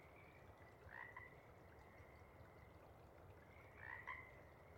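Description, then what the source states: Pacific chorus frog giving two soft two-part croaks about three seconds apart, partly masked by a steady hiss and a faint continuous higher tone. Sparse chorus before dawn as twilight begins; a few individuals keep calling to attract a mate while most have gone back to burrow and sleep.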